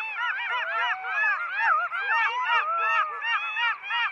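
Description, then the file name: Golden jackal chorus, dense overlapping yips and yelps in quick succession, mixed with wavering wailing notes throughout. "Stimme Goldschakal"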